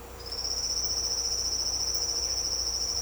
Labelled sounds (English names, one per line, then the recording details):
none
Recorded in secondary vegetation near Puerto Asís, Putumayo, Colombia, on 16 December 2024 at 08:00
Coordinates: 0.502, -76.326
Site G028